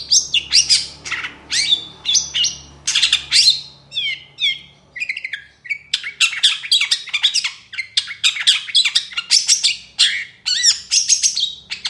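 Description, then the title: Long-tailed shrike singing a busy run of raspy, chattering notes mixed with downward-slurred whistles, nearly continuous with short gaps. Full varied song in the morning, with 'toet toet' notes; recording used as lure and tutor for other birds. "Cendet Gacor Dor Di Kala Pagi Toet Toet Variasi Suara. CENDET GACOR DOR FULL ISIAN - PENTET GACOR DOR"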